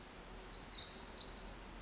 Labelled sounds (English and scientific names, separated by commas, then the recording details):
Pacific Wren (Troglodytes pacificus)
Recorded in Sonoma County, California